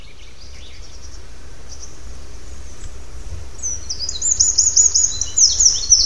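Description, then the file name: Eurasian wren song, faint high trills at first, then a loud, fast, shrill trill bursting in after three and a half seconds over steady low background hiss. "Troglodytes troglodytes"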